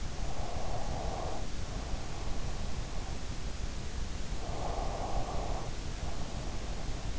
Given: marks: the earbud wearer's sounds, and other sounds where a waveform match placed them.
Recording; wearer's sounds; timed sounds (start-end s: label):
sounds in sleep by an in-ear microphone; breath
0.26-2.60 s: breath
4.42-7.19 s: breath